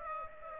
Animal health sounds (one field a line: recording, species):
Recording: mosquito wingbeat signal from an infrared sensor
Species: Aedes aegypti